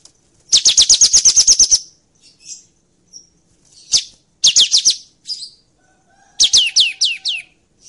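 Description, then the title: Kapas tembak: bird song with a fast string of sharp, high descending notes, then shorter clusters of similar sweeping chirps and a few soft lower whistles. Cage-bird training recording (masteran) of kapas tembak song, also presented as masteran for murai batu; described as clear. "Suara Burung KAPAS TEMBAK Masteran Burung Jernih Suara Masteran Murai Batu"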